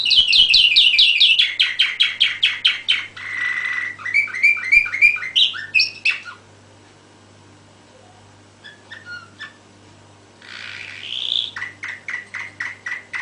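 Canary singing fast chirped trills and rolling phrases, then a quiet pause with a few soft notes, before a hissy burst and further repeated chirps; faint low hum underneath.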